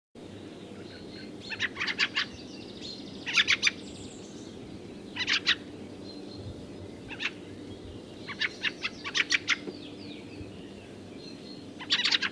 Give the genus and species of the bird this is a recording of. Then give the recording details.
Turdus pilaris. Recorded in the wild. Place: Zirkow, Insel Rügen, Mecklenburg-Vorpommern, DE. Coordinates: 54.39, 13.538. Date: 1976-05-02 05:20. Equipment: Nagra III BH, Sennheiser MD 21, parabola. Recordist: Schubert, Michael